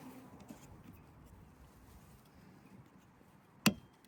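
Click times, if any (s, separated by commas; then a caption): 3.7 s. A new rear wiper blade for a Fiat 500 is pushed onto the rear wiper arm clip. Low background noise runs under the push until a single sharp, loud click at 3.7 s shows the blade has clipped in and seated on the arm.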